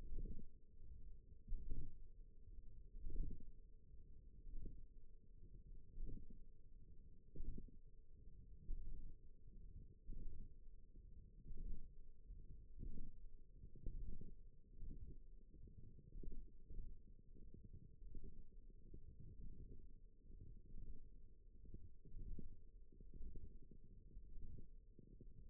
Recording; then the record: forearm muscle sounds (acoustic myography)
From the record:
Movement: radial deviation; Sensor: system 1, eight BSWA MPA416 microphones around the upper forearm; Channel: 2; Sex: female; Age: 20 years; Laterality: right